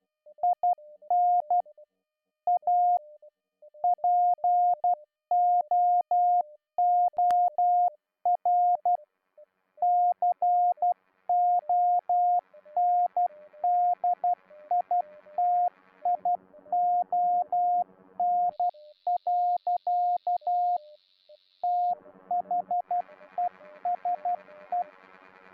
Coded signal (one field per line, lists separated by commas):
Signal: Morse code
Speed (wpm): 12 wpm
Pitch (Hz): 710 Hz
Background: music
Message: IN A POOR CONDITION. THESE